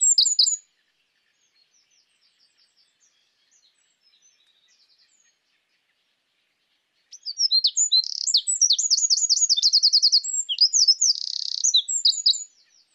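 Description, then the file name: Eurasian wren song: a high trilled burst, a few seconds of faint soft ticking notes, then a long, loud, rapid phrase of sharp notes and buzzy trills. "Troglodytes troglodytes"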